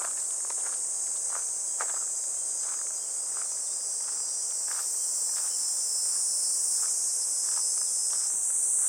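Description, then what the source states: Cicadas keep up a continuous high-pitched buzz. Regular footsteps crunch beneath it throughout, some a little sharper than others. Recorded walking a riverbank embankment path on a fresh, clear morning, heading toward a weir.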